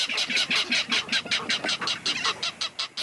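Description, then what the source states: Ridgway's rail call: a rapid, steady series of dry, harsh clattering notes. Endangered salt marsh bird; restoration of salt marsh habitat and control of predatory cats are improving its chances to survive.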